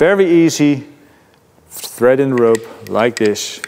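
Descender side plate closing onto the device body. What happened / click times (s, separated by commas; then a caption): Handled, not yet home: no seating click before the side plate closes / none. A man talks while rope is threaded into a metal Skylotec Spark rope access descender, with its side plate being closed onto the device body to lock on the rope. Only the handling is heard; the clip ends before the side plate goes home, so nothing has seated or clicked yet.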